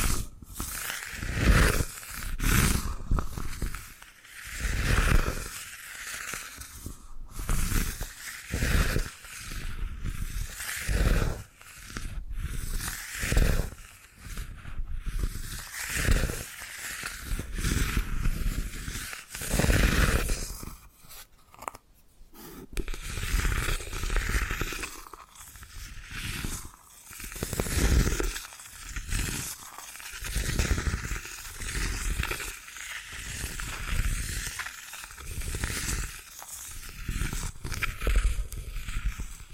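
Bamboo being scratched and brushed in a busy, uneven rhythm, with dense rasping strokes that fill the upper range. Short pauses break the texture every second or so, and a brief quiet gap comes near 22 seconds before the scraping resumes steadily.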